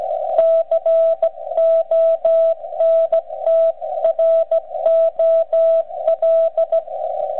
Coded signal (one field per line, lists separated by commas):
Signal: Morse code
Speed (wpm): 16 wpm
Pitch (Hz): 660 Hz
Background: radio noise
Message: CONTROL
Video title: OLD TIMERS' CW PRACTICE - BUGS AND STRAIGHT KEYS